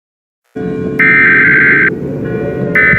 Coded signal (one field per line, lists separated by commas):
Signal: Emergency Alert System (SAME) tones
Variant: header bursts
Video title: EAS Scenario #1: COVID-S (Preview)